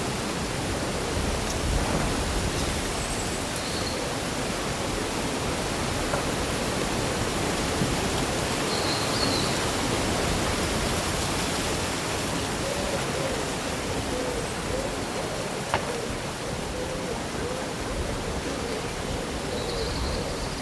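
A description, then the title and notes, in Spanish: A windy summer day with leaves rustling in a steady, dense hiss that holds an even level throughout. Short bird calls chirp faintly above the rustle now and then, around 3, 9 and 20 seconds, with a brief tick near 16 seconds. Un bosque bañado por el sol.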